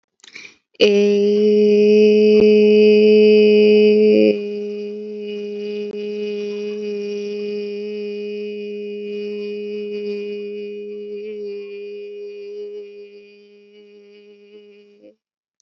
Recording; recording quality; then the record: sustained vowel as in made; excellent, no background noise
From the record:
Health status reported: healthy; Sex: female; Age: 21 years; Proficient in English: yes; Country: India